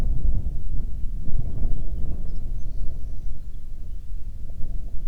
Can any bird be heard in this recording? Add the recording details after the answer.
yes. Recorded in the Prudhoe Bay oil fields, Alaska, on 9 June 2019 at 17:02. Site 21